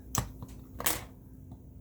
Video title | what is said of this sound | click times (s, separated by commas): Shockwave [ Magic Square MS-B32 Spock ] | and then snap there you go | 0.2 s